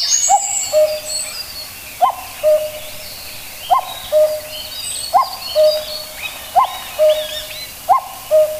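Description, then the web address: Common cuckoo repeating its clear two-note cu-ckoo six times, a sharp higher note then a lower held note. Faint high bird chirps sound in the background. "sikioto. kakkou"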